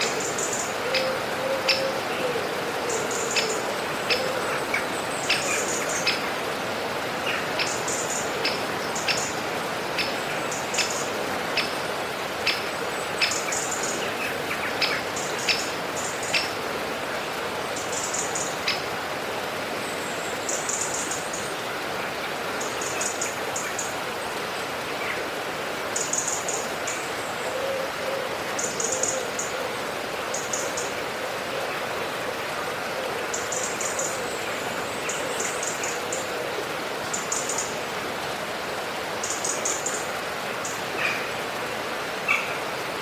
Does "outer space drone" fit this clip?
no